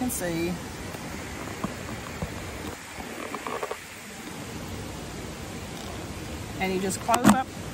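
Someone talks while closing the insulated lid of a thermal cooker over the pot, with soft handling noise and a few brief knocks around 1.6 s and 3.4–3.5 s. The lid latch has not clicked shut yet.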